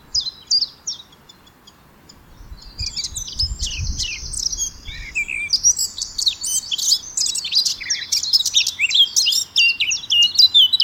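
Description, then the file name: Eurasian blackcap song: a short burst of notes, then a continuous rich high warbling that keeps building, with sharp chirps layered over it. "Sylvia atricapilla"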